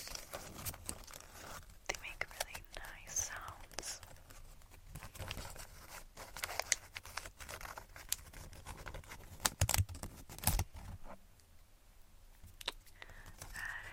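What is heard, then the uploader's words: Tapping and scratching sounds, with dense, irregular scrapes and clicks running through most of the clip. Sharper taps land around seven, ten and ten and a half seconds, and a quieter stretch follows near eleven to twelve seconds. ASMR Tapping & Scratching.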